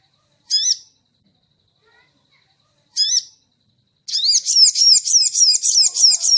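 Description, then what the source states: Crimson sunbird singing, with two separate shrill high notes followed by a rapid, run-on chattering trill of thin high notes to the end. Training recording for cage birds; labaik song variant.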